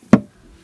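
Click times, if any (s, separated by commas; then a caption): 0.1 s. A storage door on a TeardropsNW Ranger off-road camper trailer is pushed closed onto its pressure latch, giving one sharp, knock-like click at 0.1 s that fades quickly in a quiet background. The latch clicks in place so the door won't rattle while driving.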